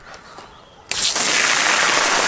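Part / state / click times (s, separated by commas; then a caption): garden hose quick connector onto hose fitting / seated / 0.9 s. A plastic garden hose quick connector is clicked onto a hose fitting. After a quiet outdoor background, a single loud, sharp snap lands at 0.9 s, and a steady, loud broadband hiss of flowing water follows. The coupling seats and the water starts running.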